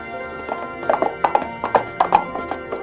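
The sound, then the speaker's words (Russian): Horses whinny in high, wavering cries over a busy, uneven clatter of hooves, with sharp clops arriving in quick irregular bursts, as Red Army soldiers cross a river with their horses; no one speaks. “Красноармейцы переправляются вместе с лошадьми или на лодках.”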